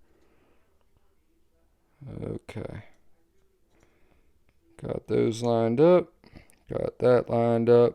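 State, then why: Not seated. Handle parts of a Koenig Arius folding knife are handled and lined up on their alignment pins before being pressed together, with faint handling ticks near 3.8 and 4.5 seconds. Someone talks. Nothing has seated or clicked yet.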